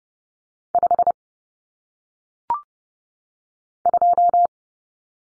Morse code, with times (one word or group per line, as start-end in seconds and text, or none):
0.7-1.1 5
3.9-4.5 2